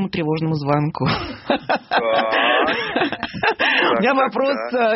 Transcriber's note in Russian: Смех